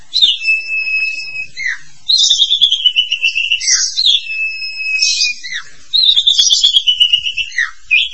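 Starling song: long whistled notes and sliding phrases, repeated with brief pauses between them.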